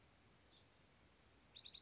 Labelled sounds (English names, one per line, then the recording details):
California Towhee
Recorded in Sonoma County, California